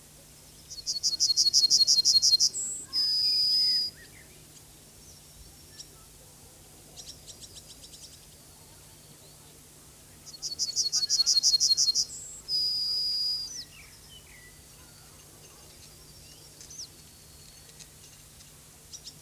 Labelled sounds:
Yellowhammer (Emberiza citrinella) song
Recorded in the wild
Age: adult
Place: Lübars (Fließtal), Berlin, DE
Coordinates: 52.6167, 13.35
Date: 2003-07-13 14:17
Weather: bedeckt, 21°C
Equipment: Fair Mate ST-1328 (Asahi Electronics, Japan), Sennheiser ME 80, Kopie Uher 4000 Report Monitor
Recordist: Tembrock, Günter

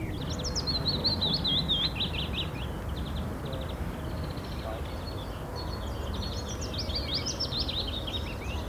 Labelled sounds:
Willow Warbler (Phylloscopus trochilus)
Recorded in the wild
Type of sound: song, call, call sequence, twittering
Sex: male
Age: adult
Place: Karower Teiche, Naturpark Barnim, Berlin, DE
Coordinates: 52.622, 13.46
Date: 1993-04-14 10:35
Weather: sonnig
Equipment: Sony WM-D6C, Sennheiser ME 80, K 30 AV, Kopie Tascam 22-2
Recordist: Quaisser, Christiane
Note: 2 Strophen, dann Ph. collybita

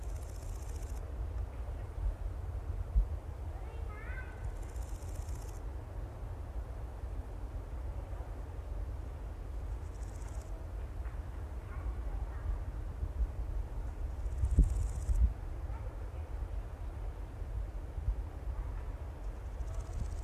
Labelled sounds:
Large Gold Grasshopper (Chrysochraon dispar) stridulation
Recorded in the wild
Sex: male
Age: imago
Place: Strausberg, Annatal, Brandenburg, DE
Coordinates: 52.5533, 13.8808
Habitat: meadow
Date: 1989-08-12 16:18
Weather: sonnig; 28,5°C
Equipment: Riporter 6 RG-K, Sennheiser MKH 416 T, Kopie Uher Report Stereo IC
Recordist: Frommolt, Karl-Heinz
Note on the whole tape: Feuchte Wiese oberhalb des Herrensees: Gesang

